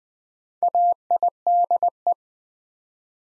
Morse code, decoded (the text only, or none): AIDE